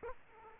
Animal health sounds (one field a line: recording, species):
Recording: mosquito wingbeat signal from an infrared sensor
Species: Aedes aegypti